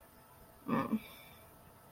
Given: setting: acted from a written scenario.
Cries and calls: vocal sound without words; guilt

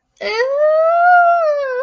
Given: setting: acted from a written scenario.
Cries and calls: vocal sound without words; disgust

